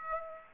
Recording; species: mosquito wingbeat signal from an infrared sensor; Aedes aegypti